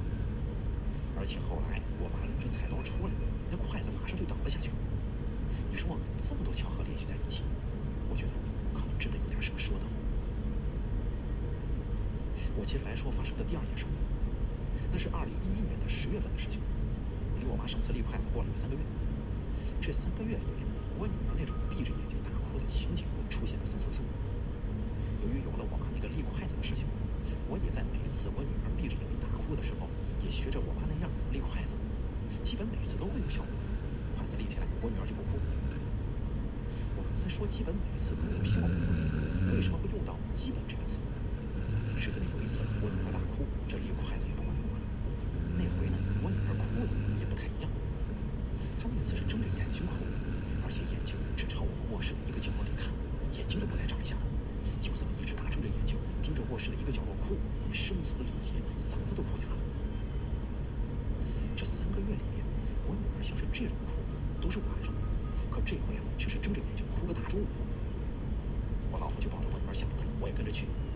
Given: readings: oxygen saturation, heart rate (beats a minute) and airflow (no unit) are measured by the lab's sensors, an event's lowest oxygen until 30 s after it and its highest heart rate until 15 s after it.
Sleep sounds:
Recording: breathing in sleep by a smartphone at the bedside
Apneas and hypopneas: 1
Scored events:
11.00-30.70 s: hypopnea (N2, oxygen 96% highest, then 93% lowest)
From the record:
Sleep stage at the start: N2 (light sleep)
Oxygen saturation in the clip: 91 to 96%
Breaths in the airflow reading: 21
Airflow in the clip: -2.6 to 3.2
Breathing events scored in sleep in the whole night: 335 in 6.7 hours asleep

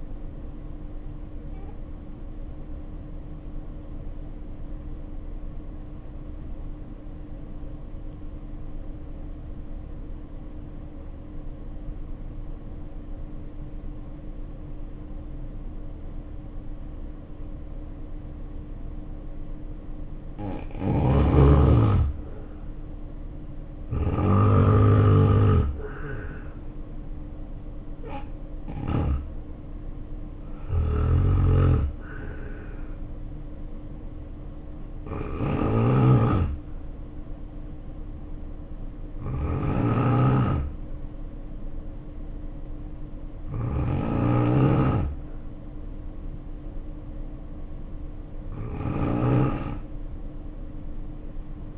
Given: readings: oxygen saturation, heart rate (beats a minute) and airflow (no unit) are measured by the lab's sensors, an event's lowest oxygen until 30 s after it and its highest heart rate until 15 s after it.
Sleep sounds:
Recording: breathing in sleep by a smartphone at the bedside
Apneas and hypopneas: 1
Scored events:
6.00-20.50 s: obstructive apnea (N2, oxygen 94% highest, then 80% lowest, heart rate 59 at the start, 73 highest)
From the record:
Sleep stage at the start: N2 (light sleep)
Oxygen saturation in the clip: 80 to 94%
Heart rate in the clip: 53 to 73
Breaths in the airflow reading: 7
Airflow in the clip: -3.3 to 5.4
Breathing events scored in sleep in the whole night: 520 in 7.2 hours asleep

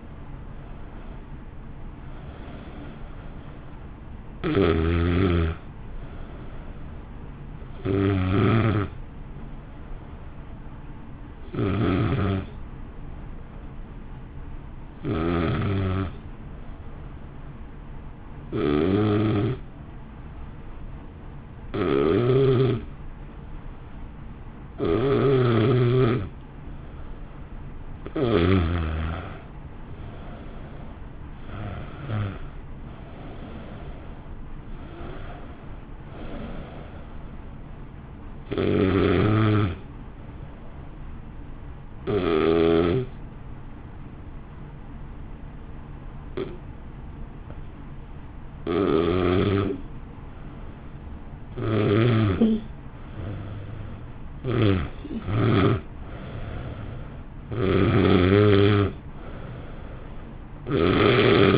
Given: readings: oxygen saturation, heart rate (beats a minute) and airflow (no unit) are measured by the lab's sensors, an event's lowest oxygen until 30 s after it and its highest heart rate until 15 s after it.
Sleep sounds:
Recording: breathing in sleep by a smartphone at the bedside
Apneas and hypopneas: 2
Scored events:
9.00-24.40 s: hypopnea (N1, oxygen 94% highest, then 88% lowest, heart rate 54 at the start, 61 highest)
40.00-57.10 s: hypopnea (N1, oxygen 93% highest, then 89% lowest, heart rate 58 at the start, 60 highest)
48.00-61.58 s: new sleep stage, N2 (light sleep)
From the record:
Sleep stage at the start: N1 (lightest sleep)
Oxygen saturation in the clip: 84 to 94%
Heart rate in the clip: 51 to 61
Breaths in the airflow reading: 18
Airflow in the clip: -1.3 to 1.0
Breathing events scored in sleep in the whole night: 328 in 6.3 hours asleep

